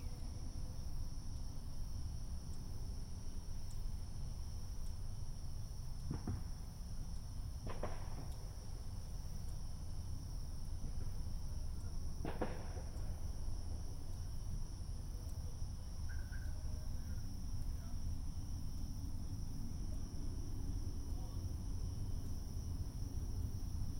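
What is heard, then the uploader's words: Neighborhood fireworks over a steady low rumble of traffic. Sharp cracks stand out around 6, 8 and 12 seconds, and a brief whistle-like tone appears near 16 seconds. High insect buzzing runs throughout as thin constant lines. Neighborhood Fireworks, 11:00pm. Sitting on my front porch while some of my neighbors blow shit up on the Fourth of July.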